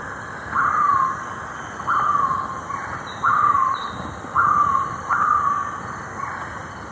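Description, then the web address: Ocellated poorwill call, a short downslurred whistle repeated several times. Eastern lowlands of South America. "Natures Songs S America Eastern Lowlands. Ocellated Poorwill"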